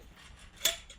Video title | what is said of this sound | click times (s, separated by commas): How To Setup A 3x3 Gazebo On Your Own - EASY WAY!! | feel it clicking, | 0.7 s